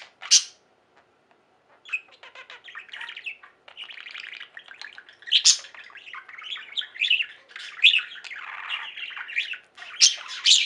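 Budgerigar chatter starting with a sharp chirp, a short pause, then steady scratchy warbling with clicks until the end.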